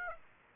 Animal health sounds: mosquito wingbeat signal from an infrared sensor; Aedes aegypti

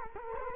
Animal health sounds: mosquito wingbeat signal from an infrared sensor; Culex quinquefasciatus

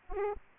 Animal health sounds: mosquito wingbeat signal from an infrared sensor; Aedes aegypti

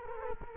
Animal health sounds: mosquito wingbeat signal from an infrared sensor; Culex quinquefasciatus

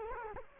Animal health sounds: mosquito wingbeat signal from an infrared sensor; Culex quinquefasciatus

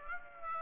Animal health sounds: mosquito wingbeat signal from an infrared sensor; Aedes aegypti

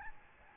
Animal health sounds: mosquito wingbeat signal from an infrared sensor; Aedes albopictus

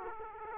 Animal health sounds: mosquito wingbeat signal from an infrared sensor; Aedes aegypti

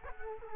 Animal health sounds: mosquito wingbeat signal from an infrared sensor; Culex quinquefasciatus

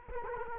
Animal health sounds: mosquito wingbeat signal from an infrared sensor; Culex quinquefasciatus

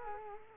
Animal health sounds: mosquito wingbeat signal from an infrared sensor; Culex quinquefasciatus

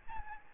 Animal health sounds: mosquito wingbeat signal from an infrared sensor; Aedes albopictus

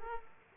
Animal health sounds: mosquito wingbeat signal from an infrared sensor; Aedes aegypti

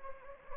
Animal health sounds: mosquito wingbeat signal from an infrared sensor; Anopheles gambiae

